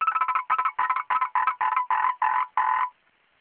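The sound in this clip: Frog giving rapid, rattling croaks in nine quick pulsed bursts, then stopping.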